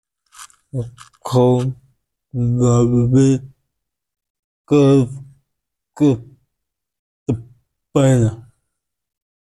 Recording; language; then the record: elicited speech; Bengali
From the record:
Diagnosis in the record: Broca's or global aphasia after a stroke